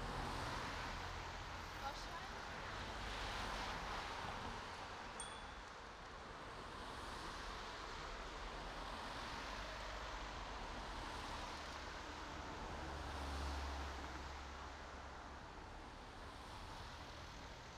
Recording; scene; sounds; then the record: everyday scene through a hearing-aid microphone; in traffic; traffic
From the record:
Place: main road on the outskirts, rush hour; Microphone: in the ear canal, right